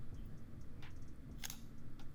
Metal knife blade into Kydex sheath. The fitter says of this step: a nice little click in and out and love Kydex it's great material to work with again I love it